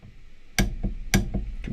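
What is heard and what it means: A torque wrench set to the OEM torque spec, because the aftermarket parts list none, tightens a suspension bolt during a 2-inch Highlifter ATV lift kit install. Two sharp clicks are heard at 0.6 s and 1.1 s, with fainter ticks in between and after. The wrench clicks twice at its setting, confirming the bolt is torqued.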